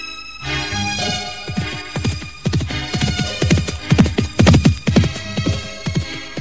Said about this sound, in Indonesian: Lalu keduanya bergegas pergi ke belakang keraton mengambil kuda mereka. Tak lama kemudian mereka telah keluar dari keraton dengan kuda.